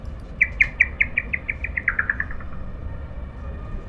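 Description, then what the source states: Bat echolocation through a detector: a series of clicking pulses that gradually quickens, then stops, over a low rumbling background. Bat very close to its prey and able to catch it; heard through a bat detector.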